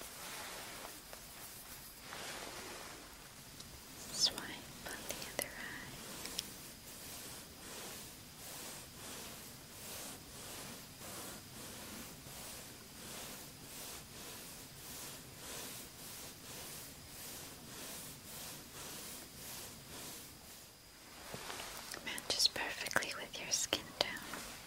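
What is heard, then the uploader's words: Soft makeup brushing sweeps in slow, even strokes, a hushed bristly swish repeating roughly every half second through most of the clip. The opening and final seconds turn busier and less regular, with scattered light taps and crisp little clicks. Slow & Tingly Makeup, Brushing, Face Touch.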